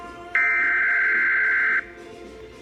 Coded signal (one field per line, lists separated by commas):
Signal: Emergency Alert System (SAME) tones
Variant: header bursts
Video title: EAS #84 Flash Flood Warning